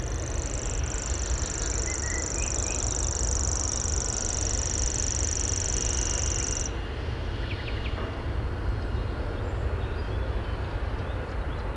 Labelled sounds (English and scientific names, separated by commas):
Common Grasshopper Warbler (Locustella naevia) song